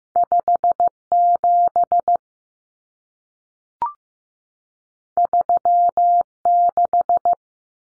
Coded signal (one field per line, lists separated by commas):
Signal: Morse code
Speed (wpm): 15 wpm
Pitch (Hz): 700 Hz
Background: none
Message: 57 36